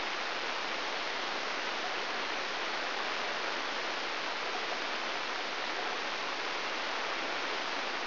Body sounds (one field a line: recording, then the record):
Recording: brain microelectrode recording played as sound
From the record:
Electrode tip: outside the subthalamic nucleus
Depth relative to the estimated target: 4 mm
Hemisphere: left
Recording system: AlphaMap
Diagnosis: Parkinson's disease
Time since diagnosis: 21 years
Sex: female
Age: 61 years